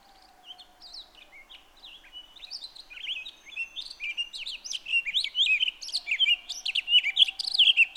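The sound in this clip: Townsend's solitaire song, a long rambling warble of quick high twittering notes that grows louder and denser toward the end, over a steady low hum.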